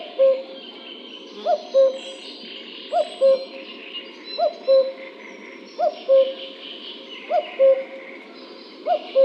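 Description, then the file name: Common cuckoo calls a steady two-note cu-coo, the first note higher than the second, about every one and a half seconds, over a constant background hiss. "Cuculo"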